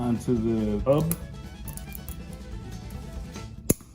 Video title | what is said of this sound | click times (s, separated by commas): American Prime Mfg 1056 0002 Assembly | so make sure it snaps into place we need to right into the retaining ring groove now | 3.7 s